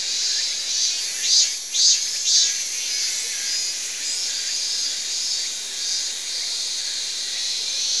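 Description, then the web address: Cicada song: a steady, shrill, hissing buzz that stays high and continuous, swelling briefly in a few louder pulses early on. "amberman Cicada"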